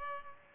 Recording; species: mosquito wingbeat signal from an infrared sensor; Culex pipiens